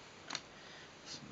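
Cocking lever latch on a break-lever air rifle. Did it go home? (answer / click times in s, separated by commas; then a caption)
released / 0.3 s. The side cocking lever of an Air Arms Pro Sport .22 break-lever air rifle is popped out of its locked latch, readying it for the cocking stroke. Two sharp ticks sound at about 0.3 and 0.4 seconds as the lever releases, followed by a quieter rustle near the end.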